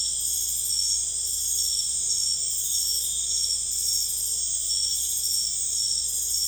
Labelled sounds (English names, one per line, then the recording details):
none
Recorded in secondary vegetation near Puerto Asís, Putumayo, Colombia, on 26 December 2024 at 23:00
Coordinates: 0.488, -76.319
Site GP04